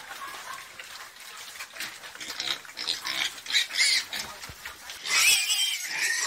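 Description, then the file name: Pig squeals, quieter and rougher at first, building to a loud, shrill burst near the end. "Tieng heo keu"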